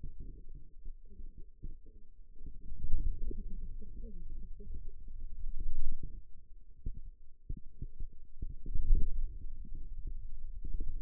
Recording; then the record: forearm muscle sounds (acoustic myography)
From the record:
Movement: wrist extension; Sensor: system 2, bracelet of six BSWA MPA416 microphones around the upper forearm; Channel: 2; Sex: male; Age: 22 years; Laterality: right